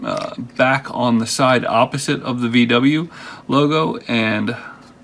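After a CR2032 battery is fitted into a VW car key fob, the plastic battery cover is being hooked back onto the fob housing at the side opposite the VW logo, ready to be pressed down. Someone talks throughout. Nothing has seated or clicked yet.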